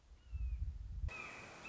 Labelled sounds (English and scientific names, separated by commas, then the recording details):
Red-shouldered Hawk (Buteo lineatus)
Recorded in Sonoma County, California